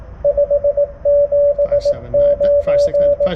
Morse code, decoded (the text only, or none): 579